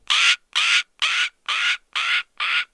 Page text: by EcoSound on AudioJungle. Yellow-billed hornbill (Tockus flavirostris) calling, Kruger National Park, South Africa